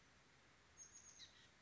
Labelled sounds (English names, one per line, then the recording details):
Oak Titmouse
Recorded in Sonoma County, California